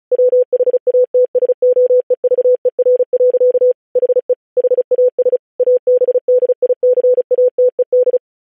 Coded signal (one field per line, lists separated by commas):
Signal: Morse code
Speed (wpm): 36 wpm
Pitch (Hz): 500 Hz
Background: none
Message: WHATSOEVER. HE HAS ABDICATED